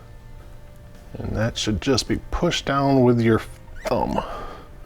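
Someone talks while a rubber fork dust seal is being pushed down by thumb onto the top of the fork slider of a Vulcan 750 motorcycle, with only a faint low hum beneath the voice. The clip ends before the cover goes home; nothing has seated yet.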